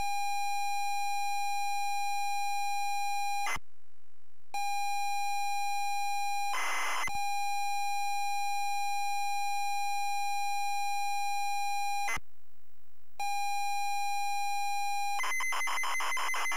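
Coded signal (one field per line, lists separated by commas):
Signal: ZX Spectrum tape loading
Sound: long steady buzzy lead tone, short harsh data burst, lead tone again, then data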